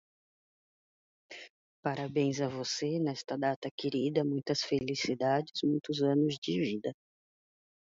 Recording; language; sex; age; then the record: short text; Brazilian Portuguese; female; 30 to 39 years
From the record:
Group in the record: control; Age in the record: 39 years